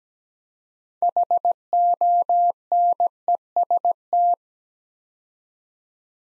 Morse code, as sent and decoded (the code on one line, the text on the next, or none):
.... --- -. . ... -
HONEST